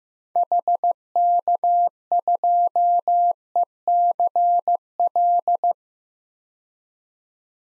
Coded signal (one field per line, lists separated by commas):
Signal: Morse code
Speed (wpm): 15 wpm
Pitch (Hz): 700 Hz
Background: none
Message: HK2ECL